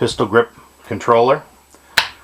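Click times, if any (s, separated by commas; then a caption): 2.0 s. Someone talks, then a USB charging lead's connector is pushed into the battery plug of a WPL-C24 1:16 scale 4x4 crawling RC truck. A single sharp plastic snap is heard at 2.0 s as the connector seats in the battery.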